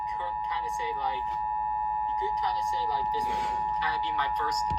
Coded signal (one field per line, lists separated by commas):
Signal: Emergency Alert System (SAME) tones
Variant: 853 and 960 Hz attention tone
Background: speech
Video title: (EAS #2,157 - #2,190) POTTAWATTAMIE GETS A WHOOPING - EAS Alerts from 4/23/25 - 4/24/25